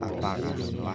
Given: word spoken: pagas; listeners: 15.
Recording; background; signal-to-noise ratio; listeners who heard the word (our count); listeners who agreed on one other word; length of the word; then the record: one Spanish word in noise, from a listening test; eight-talker babble; -3.5 dB; 1 of 15; 9 of 15; 0.55 s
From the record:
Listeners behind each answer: 9, 3, 1, 1, 1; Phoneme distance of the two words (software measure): 7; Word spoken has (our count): 2 syllables, 5 phonemes, stress on syllable 1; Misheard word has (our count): 3 syllables, 6 phonemes, stress on syllable 2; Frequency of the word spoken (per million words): 1.58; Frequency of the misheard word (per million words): 0.15